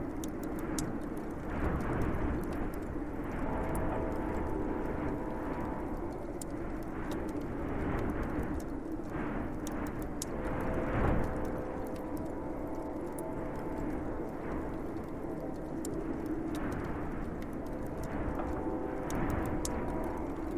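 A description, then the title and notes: A fire crackles, with sharp snaps and pops scattered throughout, over a steady low rumble of winter wind. A faint humming drone with a few held tones comes and goes in the distance, most noticeable around the middle and near the end. Winter Wind & Cozy Fireplace Overlooking Snowy Road w/ Train in The Distance.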